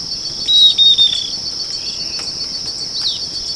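Bird calls, a brief run of high, level whistles early on and a quick downward chirp later, set against a constant high insect trill.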